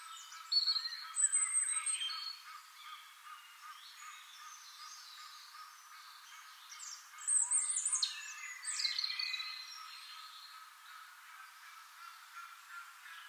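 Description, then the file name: European robin giving two bursts of high, thin, varied twittering phrases, one near the start and one after seven seconds, with quiet pauses between. "Erithacus rubecula"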